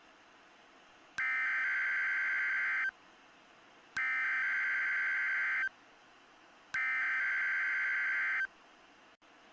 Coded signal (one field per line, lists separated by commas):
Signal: Emergency Alert System (SAME) tones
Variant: header bursts